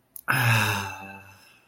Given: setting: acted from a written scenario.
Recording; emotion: vocal sound without words; contentment